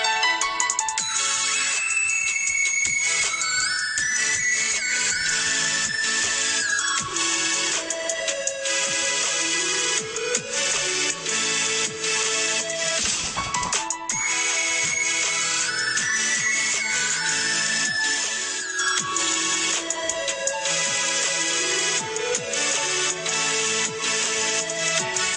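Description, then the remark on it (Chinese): Loud, dense electronic dance drop from an early, original rough demo of a track, topped by a shrill, bright synth lead line playing a rising melodic phrase that repeats twice over a steady pounding beat; no voices. “我哋諗個 drop 位嘅時候，咁嗰陣時就好鬼嘈啊尖嘅，咁、那個 drop 原本係咁嘅。”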